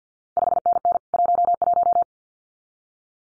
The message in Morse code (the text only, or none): 5NN 11